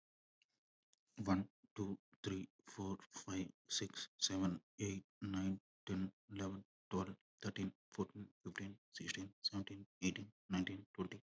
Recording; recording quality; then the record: counting at a normal pace; excellent, no background noise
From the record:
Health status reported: healthy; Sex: male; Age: 27 years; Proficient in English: yes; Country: India